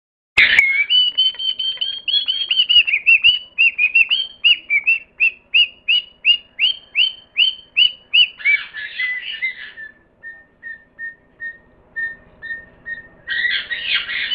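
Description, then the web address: Parrot calls in a rapid series of whistled chirps, about three per second, then several short flat whistles and a harsh burst at the end. "cri de perroquet"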